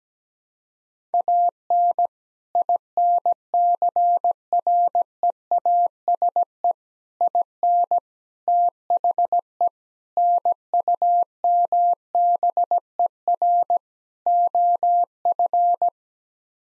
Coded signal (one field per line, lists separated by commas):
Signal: Morse code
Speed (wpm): 17 wpm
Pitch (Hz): 700 Hz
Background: none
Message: AN INCREASE IN THE NUMBER OF